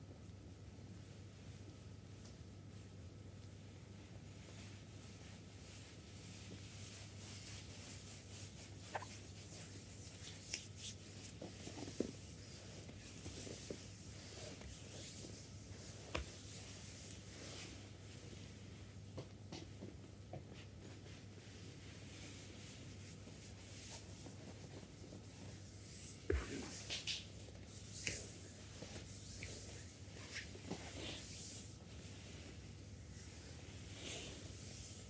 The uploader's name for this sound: Spa full body massage with massager